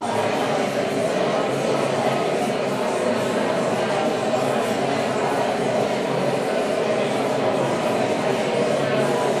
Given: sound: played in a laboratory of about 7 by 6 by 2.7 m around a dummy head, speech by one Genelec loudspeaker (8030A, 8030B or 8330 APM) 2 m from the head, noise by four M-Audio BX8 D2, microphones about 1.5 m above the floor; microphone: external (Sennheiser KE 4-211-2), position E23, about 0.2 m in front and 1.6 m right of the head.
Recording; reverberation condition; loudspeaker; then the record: babble noise; high; four, about 170 cm from the corners of the room and facing them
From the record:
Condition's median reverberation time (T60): about 1300 ms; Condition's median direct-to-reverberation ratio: about -4.0 dB